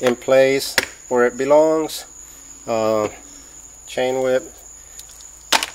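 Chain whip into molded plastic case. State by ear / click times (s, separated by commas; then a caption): seated / 5.5 s. Someone talks while a chain whip is pressed into its place in a molded plastic tool case. It snaps in with a sharp click at 5.5 s and is seated.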